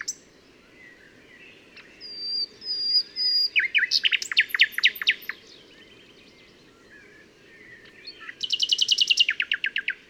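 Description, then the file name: Common nightingale song: soft whistles build into a loud run of sharp repeated notes, then after a pause a second fast, rattling series of high notes. "Luscinia megarhynchos"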